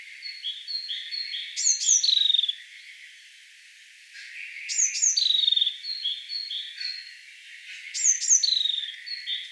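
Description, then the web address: Bird giving repeated phrases of bright downslurred whistles and short chirps, the phrases spaced roughly three seconds apart. "ornitologiya slovar Ptichki"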